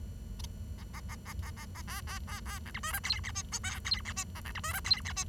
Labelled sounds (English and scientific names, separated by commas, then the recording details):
Bengalese Finch (Lonchura striata domestica) song
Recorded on 23 June 2012 at 08:46
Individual gr41rd51